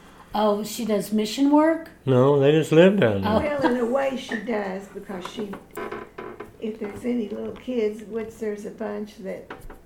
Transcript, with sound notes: Oh, she does mission work?
No, they just live down there.
(laughs) Well, in a way she does, because she--if there's any little kids--which there's a bunch that